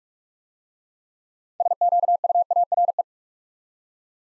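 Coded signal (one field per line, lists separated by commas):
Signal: Morse code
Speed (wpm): 44 wpm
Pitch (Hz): 700 Hz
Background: none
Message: SQUARE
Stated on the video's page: Morse word drill at 45 wpm: six-letter words for head-copy practice, each sent twice.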